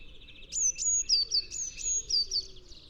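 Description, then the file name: Eurasian blue tit uttering a quick series of about eight high, thin notes with sharp onsets, each roughly a quarter second apart, over a faint buzzy undertone. "Cyanistes caeruleus"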